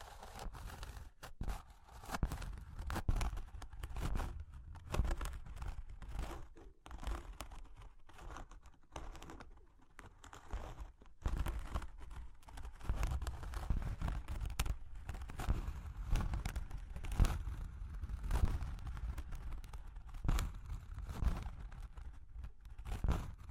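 Cork and wood being tapped, scratched and traced with a hand, making a dense run of dry scraping and rubbing with frequent sharp taps. The sound is continuous and busy for the whole stretch, with brief pauses near 1, 7 and 11 seconds and low thumps throughout.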